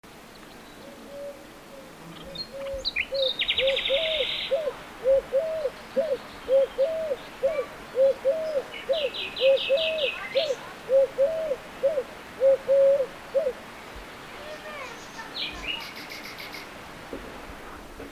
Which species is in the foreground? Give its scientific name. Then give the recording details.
Streptopelia decaocto. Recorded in the wild. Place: Turgut, TR. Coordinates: 36.7372, 28.1531. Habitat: waterfall. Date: 1993-04-30 12:30. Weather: fair, 25°C in the shade. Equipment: Aiwa HD-S1, Sennheiser MKH 70. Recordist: Frommolt, Karl-Heinz. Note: Am Wasserfall: Ruf am Schluß der Nachtigallenaufnahme